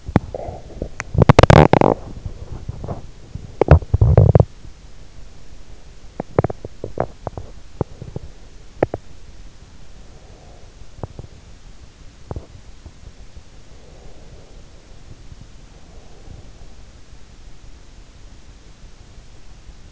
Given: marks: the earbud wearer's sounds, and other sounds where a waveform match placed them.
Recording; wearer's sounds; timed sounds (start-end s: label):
sounds in sleep by an in-ear microphone; teeth grinding, breath
0.00-9.08 s: teeth grinding
10.00-11.29 s: breath
10.89-12.60 s: teeth grinding
13.73-16.99 s: breath